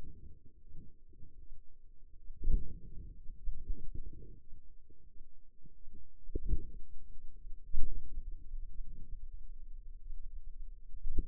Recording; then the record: forearm muscle sounds (acoustic myography)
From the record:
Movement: pen grasping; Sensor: system 2, bracelet of six BSWA MPA416 microphones around the upper forearm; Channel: 1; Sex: female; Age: 23 years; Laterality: right